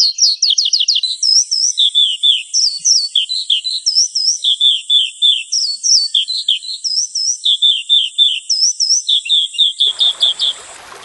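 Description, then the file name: Horsfield's bush lark song of quick paired chirps and falling whistles over a constant thin high tone, with a hiss of noise near the end. "suara burung branjangan"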